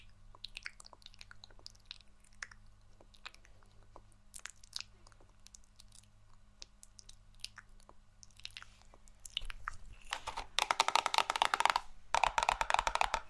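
Red-themed ASMR triggers: sparse crisp clicks and crunchy chewing sounds over a low steady hum, with louder dense crinkling after ten seconds.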